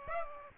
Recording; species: mosquito wingbeat signal from an infrared sensor; Aedes aegypti